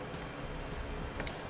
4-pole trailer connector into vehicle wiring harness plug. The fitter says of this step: put it into place till you hear it click.